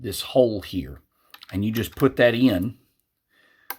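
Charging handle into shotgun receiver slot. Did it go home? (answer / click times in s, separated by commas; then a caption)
yes / 3.7 s. Someone talks while lining up the charging handle of an RIA VRF 14 shotgun with the slot in its receiver, where a detent catches a hole, then pushes it in. After a quiet pause, a single sharp click sounds at 3.7 s as the charging handle seats in place.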